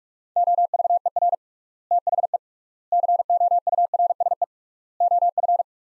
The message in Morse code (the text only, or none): OVER THE COURSE OF